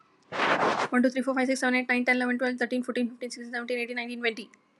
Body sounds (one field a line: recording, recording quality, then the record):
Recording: counting at a fast pace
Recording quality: excellent, no background noise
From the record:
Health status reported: exposed to COVID-19, no respiratory illness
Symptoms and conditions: none ticked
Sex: female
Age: 38 years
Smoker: not ticked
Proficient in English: yes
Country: India